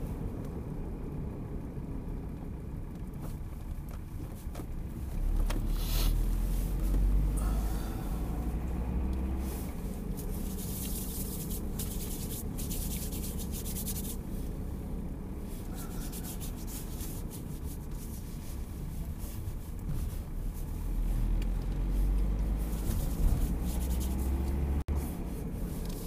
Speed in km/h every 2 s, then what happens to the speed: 37, 30, 24, 28, 31, 34, 34, 32, 28, 24, 27, 32, 37.
0-3 brakes to 24. 13-18 slows to 24. 18-26 speeds up to 37.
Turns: none.